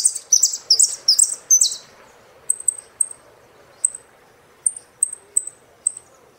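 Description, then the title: Saffron finch song: a rapid run of loud, harsh, descending high notes, then single thin high chirps at irregular intervals. "Jilguero Argentino"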